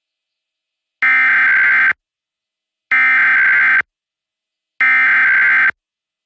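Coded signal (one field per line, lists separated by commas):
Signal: Emergency Alert System (SAME) tones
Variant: header bursts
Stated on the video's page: Real Pennsylvania statewide Required Monthly Test, received from FM radio, cable box, streaming on PC, an EAS relay and TV stations.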